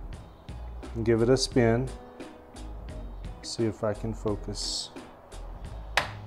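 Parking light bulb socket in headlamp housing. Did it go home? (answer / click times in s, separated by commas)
released / 6.0 s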